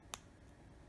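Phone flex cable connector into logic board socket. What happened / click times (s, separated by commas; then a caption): The small flex connector snapped into its socket / 0.1 s. A folded-over flex cable connector inside an iPhone 6s Plus is pressed gently onto its logic board socket, after first being felt just before it snaps. A single sharp, bright snap sounds at 0.1 s against a faint steady background. The connector is seated.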